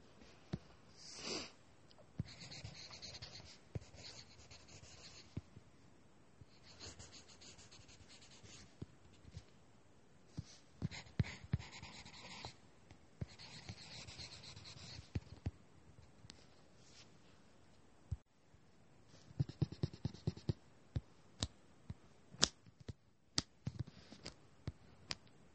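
Drawing and writing sounds: pen or pencil strokes scratch across paper in bursts of bright scraping, some short, some drawn out over a few seconds. Sharp taps and clicks punctuate the strokes, growing more frequent after about 19 seconds, with near-silent pauses between.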